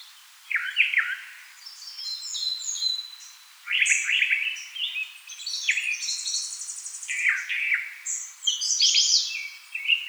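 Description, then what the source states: Northern mockingbird singing a varied series of phrases, harsh buzzy notes and high chirps, each repeated a few times before switching. Recorded 4 February 2007.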